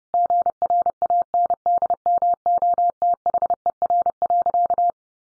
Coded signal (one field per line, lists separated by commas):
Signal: Morse code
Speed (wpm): 30 wpm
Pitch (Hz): 700 Hz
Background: none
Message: GRANDMOTHER.